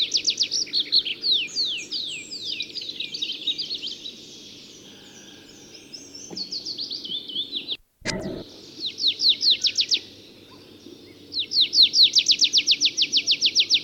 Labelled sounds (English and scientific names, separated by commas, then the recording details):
Tree Pipit (Anthus trivialis) song
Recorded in the wild
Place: Schwerin, Mecklenburg-Vorpommern, DE
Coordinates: 53.6, 11.435
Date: 1984-04-22
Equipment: Nagra III BH, Sennheiser MD 21, parabola
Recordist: Schubert, Michael